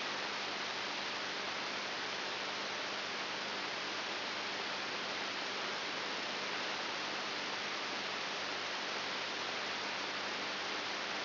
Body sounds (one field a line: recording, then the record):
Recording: brain microelectrode recording played as sound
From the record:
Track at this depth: inside the subthalamic nucleus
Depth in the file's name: 6.701 mm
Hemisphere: left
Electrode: 3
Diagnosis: Parkinson's disease